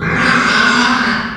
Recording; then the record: squeal of a Yucatan mini pig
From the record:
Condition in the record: after surgery on the right vocal fold (resection and tissue-engineered implant); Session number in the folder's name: 15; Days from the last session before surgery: 175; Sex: female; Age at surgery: 19 weeks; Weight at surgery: 25 kg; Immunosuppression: prednisolone